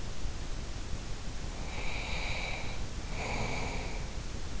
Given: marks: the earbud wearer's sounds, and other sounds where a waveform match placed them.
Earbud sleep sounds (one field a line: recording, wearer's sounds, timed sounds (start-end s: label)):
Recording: sounds in sleep by an in-ear microphone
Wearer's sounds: breath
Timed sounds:
1.49-4.13 s: breath